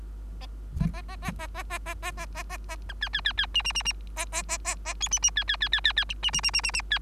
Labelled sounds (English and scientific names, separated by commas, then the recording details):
Bengalese Finch (Lonchura striata domestica) song
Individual Bird3